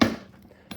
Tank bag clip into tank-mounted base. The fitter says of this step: but that just clicks right in and now you've got you